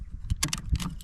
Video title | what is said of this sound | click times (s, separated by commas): Fitting Abus AlarmBox 2.0, installation and operation of this Bike Alarm on an Urban Arrow CargoLine | slides forward just locks into place there we have it | 0.4 s